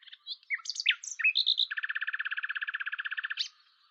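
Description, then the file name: Common nightingale singing: assorted whistles and chirps lead into a long, rapid rattling trill of many identical notes, ended by a sharp upward note. "Luscinia megarhynchos"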